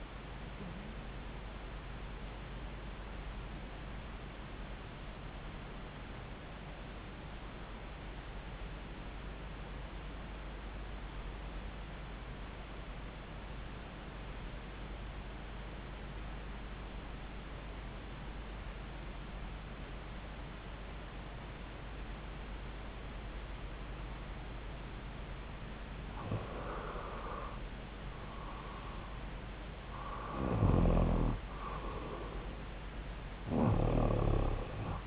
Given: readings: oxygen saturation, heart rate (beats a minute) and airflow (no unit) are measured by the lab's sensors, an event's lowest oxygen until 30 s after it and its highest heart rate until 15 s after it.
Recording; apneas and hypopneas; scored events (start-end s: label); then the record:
breathing in sleep by a voice recorder at the bedside; 1
6.00-25.50 s: obstructive apnea (REM, oxygen 96% highest, then 88% lowest)
From the record:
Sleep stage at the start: REM sleep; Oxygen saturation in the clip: 90 to 96%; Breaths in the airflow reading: 3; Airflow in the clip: -7.3 to 7.9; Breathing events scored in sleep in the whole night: 270 in 6.1 hours asleep